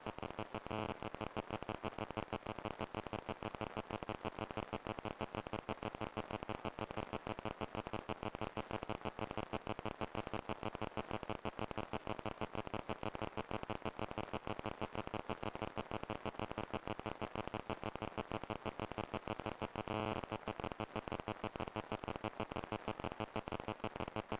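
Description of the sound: A simulated tinnitus sound: a steady high-pitched ringing tone near 9 kHz over a continuous insect-like buzzing hiss, unchanged throughout.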